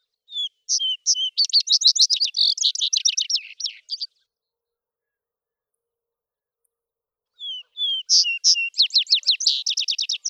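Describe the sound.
Vesper sparrow singing two phrases, each starting with clear whistled introductory notes and breaking into fast, jumbled trilled notes, separated by a silent gap of around three seconds.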